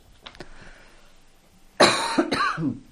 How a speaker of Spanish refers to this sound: Estás con tos. Sí, un poquito.